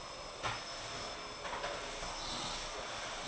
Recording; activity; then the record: daily activity, microphone in the room; vacuum cleaning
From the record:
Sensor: 5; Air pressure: 988.8 hPa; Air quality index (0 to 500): 236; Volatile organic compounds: 200 ppm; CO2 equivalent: 4213 ppm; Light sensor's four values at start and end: 40/124/48/51 and 40/124/48/51